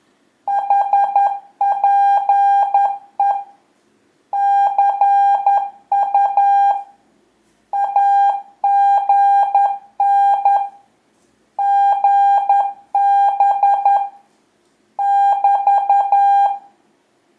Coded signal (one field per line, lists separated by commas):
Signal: Morse code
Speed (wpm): 11 wpm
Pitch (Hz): 800 Hz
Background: none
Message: HPE CU AGN GB <BT>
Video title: La télégraphie pour les nuls : Les bases d'un QSO, les abréviations, le code Q.